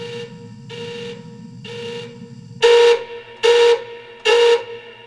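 An alarm signal sounds in repeated bursts after prisoners escape from their cell: three softer hooting blasts over a low rumble, then three louder, harsher blasts with a steady tonal pitch, evenly spaced.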